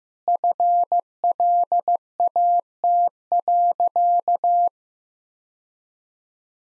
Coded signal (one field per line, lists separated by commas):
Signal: Morse code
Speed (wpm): 15 wpm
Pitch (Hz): 700 Hz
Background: none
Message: FLAT.